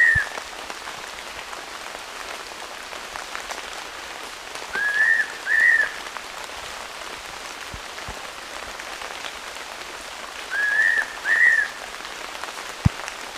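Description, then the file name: Fairy pitta giving clear two-note whistles, each note slightly arched, the pair repeated about every six seconds over a steady rain-like hiss. "pitta nympha"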